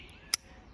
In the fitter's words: and you can hear that click that pop